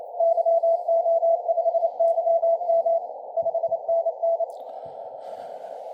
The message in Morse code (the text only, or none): YO5YM 5NN